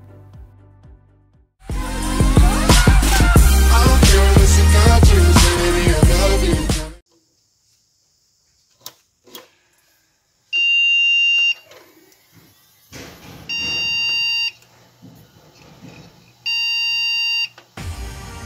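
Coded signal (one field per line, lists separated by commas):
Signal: beep code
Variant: PC BIOS POST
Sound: three steady buzzy beeps, each about one second, spaced two seconds apart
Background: music intro, faint clatter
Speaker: При попытке включить компьютер видно, что ничего не происходит и слышен один длинный сигнал.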